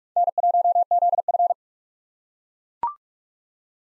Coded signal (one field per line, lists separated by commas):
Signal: Morse code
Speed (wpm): 43 wpm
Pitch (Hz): 700 Hz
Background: none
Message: N1ZF